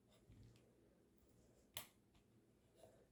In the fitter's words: There. So if it's not going very well, it's just not snapped down. It should be pretty flush.